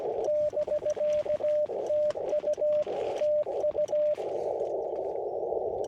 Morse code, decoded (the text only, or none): <BK> TU TU